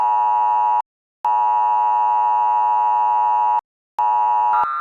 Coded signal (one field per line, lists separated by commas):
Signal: Emergency Alert System (SAME) tones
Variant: 853 and 960 Hz attention tone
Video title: Real Time EAS Scenario ‘The sky is falling’